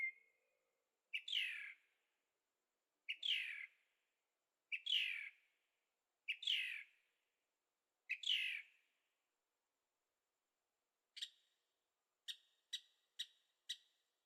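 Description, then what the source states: Bird song at night: rough, downslurred chirps repeated about every one and a half seconds, then a quicker run of short, clipped ticking notes near the end; otherwise quiet. Birds singing at night in Carefree, Arizona; recorded with Zoom H6 stereo microphones.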